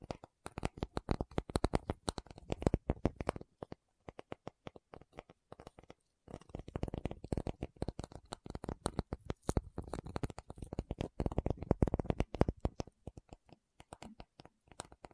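Rapid, dense tapping with crisp clicks runs in uneven bursts, pausing briefly near four and six seconds before resuming quickly.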